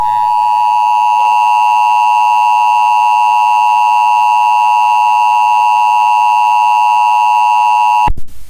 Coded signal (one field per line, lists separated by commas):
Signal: Emergency Alert System (SAME) tones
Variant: 853 and 960 Hz attention tone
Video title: EAS- Civil Danger Warning for Illinois